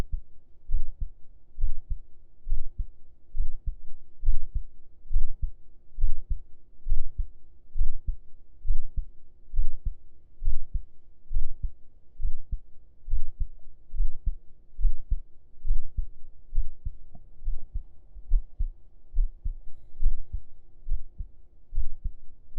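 Steady, regular low thumps of an adult heartbeat, about 68 beats a minute, heard with the ear laid on the chest under the shirt.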